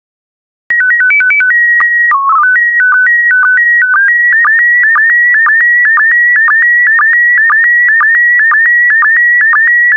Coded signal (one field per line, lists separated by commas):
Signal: SSTV (slow-scan television)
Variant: PD 120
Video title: 177013 Images of the Grand Canyon SSTV PD120